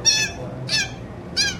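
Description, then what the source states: Asian small-clawed otter giving three high, harmonic squeaking calls, evenly spaced. Maggie, a captive Asian small-clawed otter at the Georgia Aquarium in Atlanta, being fed her final meal of the day by a biologist.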